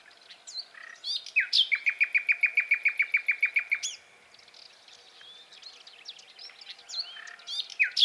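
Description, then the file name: Common nightingale song: a fast run of many loud, evenly spaced, sharp notes lasting about two seconds, after varied whistles and chirps, with softer twittering after. "Luscinia megarhynchos"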